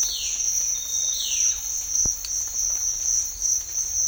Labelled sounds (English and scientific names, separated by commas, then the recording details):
Violaceous Jay (Cyanocorax violaceus)
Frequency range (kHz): Violaceous Jay (Cyanocorax violaceus) 1.6-4.8 kHz
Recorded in secondary vegetation near Puerto Asís, Putumayo, Colombia, on 12 March 2025 at 06:30
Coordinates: 0.499, -76.323
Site G094